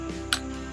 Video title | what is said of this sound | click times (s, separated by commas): WEIHRAUCH HW35E AIR RIFLE at 25 Yards | is the sound of the sear locking up when you close it | 0.3 s